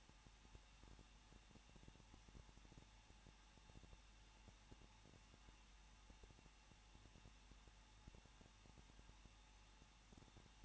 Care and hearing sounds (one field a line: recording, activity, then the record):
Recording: daily activity, microphone in the room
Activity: no activity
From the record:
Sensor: 1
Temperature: 20.1 degrees Celsius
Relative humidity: 39.1%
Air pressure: 1006.3 hPa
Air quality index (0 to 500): 217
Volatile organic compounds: 76 ppm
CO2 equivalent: 3574 ppm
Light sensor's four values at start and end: 1/2/1/1 and 1/2/1/1